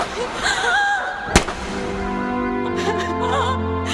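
A single sharp gunshot cracks out suddenly, loud and brief, cutting through a steady backdrop of sustained tones and wavering voice-like sounds that carry on after the shot.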